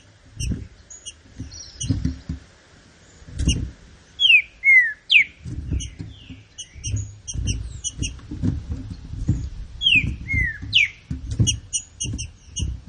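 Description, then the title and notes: Green-winged saltator delivering two bright whistled phrases of swooping notes. Frequent low knocking sounds and scattered high chirps fill the gaps. Classic song style (canto clássico) of the trinca-ferro, presented as a song for training. "Canto Clássico Trinca Ferro TREINAMENTO. trinca fero"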